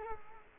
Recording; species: mosquito wingbeat signal from an infrared sensor; Culex quinquefasciatus